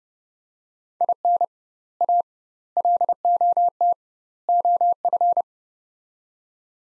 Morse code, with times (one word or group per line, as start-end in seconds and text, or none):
1.0-1.4 IN
2.0-2.2 A
2.8-3.9 LOT
4.5-5.4 OF